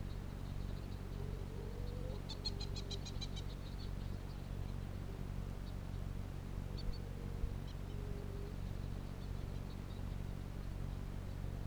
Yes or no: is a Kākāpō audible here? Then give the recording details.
no. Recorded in New Zealand. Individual Piripi